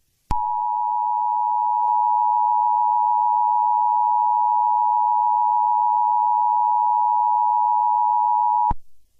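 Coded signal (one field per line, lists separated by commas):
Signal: Emergency Alert System (SAME) tones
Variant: 853 and 960 Hz attention tone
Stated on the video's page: Fictional Emergency Alert System scenario about a sentient fireball attacking North America.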